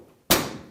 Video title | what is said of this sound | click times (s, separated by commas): GE Dryer Repair - How to Replace the Door Catch (GE Part # WE01X25316) | If that's the case, all you need to do is to take your new catch and push it into the opening until it snaps in place. | 0.3 s